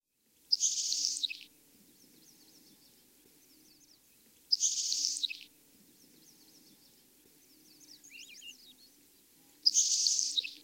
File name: Nelson's Sparrow